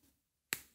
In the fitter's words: Voilà, là, on a entendu le clip.